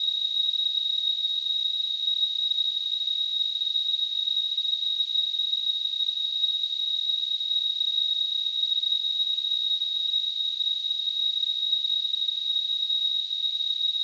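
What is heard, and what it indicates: A steady, unbroken high-pitched whistle near 4 kHz sits over a faint hiss for the full 14 seconds, with no change in pitch or loudness. It is a simulation of tonal tinnitus, the ringing some people hear constantly in their ears.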